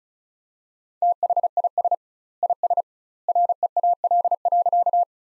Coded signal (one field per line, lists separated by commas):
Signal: Morse code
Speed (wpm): 36 wpm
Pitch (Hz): 700 Hz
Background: none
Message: THIS IS REAL.